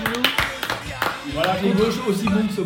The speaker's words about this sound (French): Contrairement au club, on applaudit l'équipe.